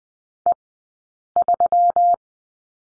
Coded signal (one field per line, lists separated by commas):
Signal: Morse code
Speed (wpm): 19 wpm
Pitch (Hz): 700 Hz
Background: none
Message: E3